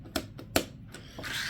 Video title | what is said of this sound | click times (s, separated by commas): LevelMDiecast: Diecast Haul Episode 7 - Tarmac, MiniGT, Hotwheels, Matchbox, ERA car, Maisto, Schuco | And then it just snaps right in there. | 0.6 s